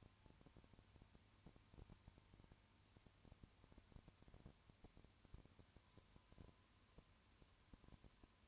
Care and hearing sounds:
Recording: daily activity, microphone in the room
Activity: no activity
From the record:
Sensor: 2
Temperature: 20.3 degrees Celsius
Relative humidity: 35.6%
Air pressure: 1001.0 hPa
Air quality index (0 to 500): 197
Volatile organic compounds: 5 ppm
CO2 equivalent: 1736 ppm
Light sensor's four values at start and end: 2/3/2/2 and 2/3/2/2

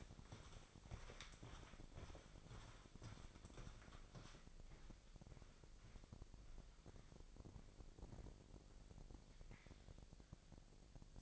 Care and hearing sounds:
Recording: daily activity, microphone in the room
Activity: walk to room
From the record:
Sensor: 5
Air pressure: 999.5 hPa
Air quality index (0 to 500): 216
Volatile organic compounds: 19 ppm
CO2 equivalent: 2643 ppm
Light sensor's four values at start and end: 32/68/29/30 and 35/80/32/31

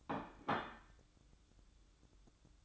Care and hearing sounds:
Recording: daily activity, microphone in the room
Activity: place plate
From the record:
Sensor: 3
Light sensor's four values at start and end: 10/23/9/10 and 10/23/9/10

